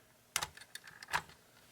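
A second plastic landing gear leg on a toy jet is swung down and clicks into place with a sharp snap at 0.4 s. Lighter plastic ticks and rattles follow, with a fuller burst of handling noise near 1.15 s, and the leg stays seated.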